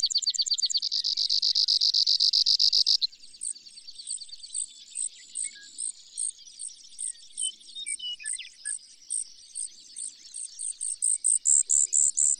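Brewer's sparrow song opening with a loud, dense buzzy trill, then shifting to slower repeated high notes that grow louder at the end.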